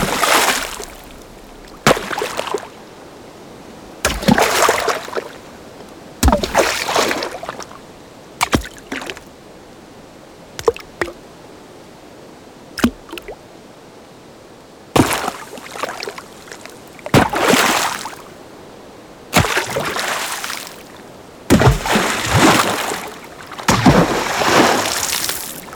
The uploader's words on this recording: Small and classic water splashes, distant perspective, impacts and drops. Splash Sound Effects.